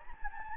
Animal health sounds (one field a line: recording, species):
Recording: mosquito wingbeat signal from an infrared sensor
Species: Anopheles gambiae